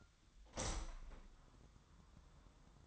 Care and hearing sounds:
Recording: daily activity, microphone in the room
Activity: open window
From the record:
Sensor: 3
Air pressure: 1004.6 hPa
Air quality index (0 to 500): 89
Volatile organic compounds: 3 ppm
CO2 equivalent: 1374 ppm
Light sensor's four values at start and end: 7/16/6/6 and 7/16/6/6

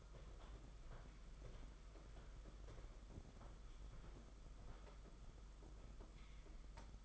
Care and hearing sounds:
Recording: daily activity, microphone in the room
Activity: walk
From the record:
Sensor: 5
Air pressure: 991.8 hPa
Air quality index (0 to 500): 151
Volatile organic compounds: 198 ppm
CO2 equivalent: 4206 ppm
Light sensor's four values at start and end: 32/108/40/43 and 32/106/40/42

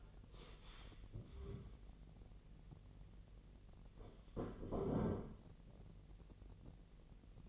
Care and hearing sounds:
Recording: daily activity, microphone in the room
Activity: stand up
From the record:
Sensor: 4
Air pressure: 1002.4 hPa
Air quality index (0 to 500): 249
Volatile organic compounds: 38 ppm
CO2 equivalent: 3120 ppm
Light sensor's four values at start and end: 12/26/11/11 and 12/26/11/11

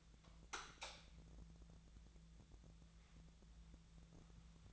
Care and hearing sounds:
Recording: daily activity, microphone in the room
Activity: light on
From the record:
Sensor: 3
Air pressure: 1000.0 hPa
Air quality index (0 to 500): 123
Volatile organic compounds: 2 ppm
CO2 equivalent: 1099 ppm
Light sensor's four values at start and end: 33/85/36/39 and 35/91/38/41

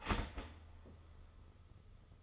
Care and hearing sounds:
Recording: daily activity, microphone in the room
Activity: start toaster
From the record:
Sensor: 4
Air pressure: 995.3 hPa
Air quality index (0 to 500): 215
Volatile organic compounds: 252 ppm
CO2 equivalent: 4366 ppm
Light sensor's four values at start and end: 28/83/32/34 and 28/85/33/35

